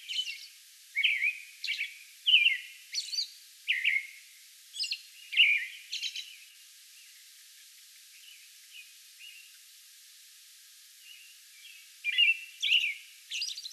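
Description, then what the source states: American robin song: lively burst of whistled phrases, then a quieter stretch of soft high notes before loud caroling returns at the end. Song bout recorded May 11.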